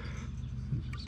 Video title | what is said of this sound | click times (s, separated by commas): Duracell Flashlight Mod - Remove Strobe | goes in place click sound same way you could snap it back off the | 1.1 s